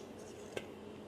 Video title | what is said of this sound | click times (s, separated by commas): Canning Cherry Pie Filling: The Ultimate Guide | and then we're going to put a band on I always turn it counterclockwise until I hear it seat | 0.6 s